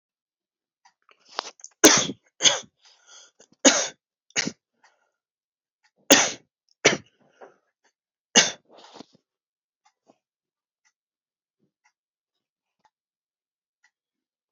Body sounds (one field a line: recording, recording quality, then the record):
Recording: shallow voluntary cough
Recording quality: excellent, no background noise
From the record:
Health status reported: healthy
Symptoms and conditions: cough, sore throat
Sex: male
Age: 26 years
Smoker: not ticked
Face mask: not worn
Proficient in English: yes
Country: India